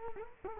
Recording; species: mosquito wingbeat signal from an infrared sensor; Culex quinquefasciatus